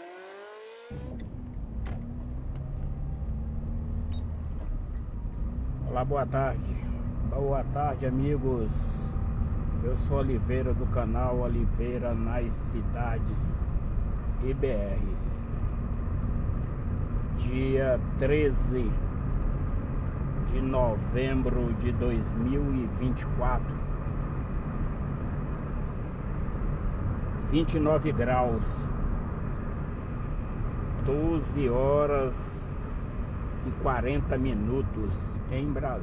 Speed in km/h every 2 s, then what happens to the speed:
15, 18, 20, 27, 31, 31, 33, 34, 36, 38, 40, 41, 42, 41, 41, 39, 35, 27.
0-23 speeds up to 42. 23-36 slows to 27.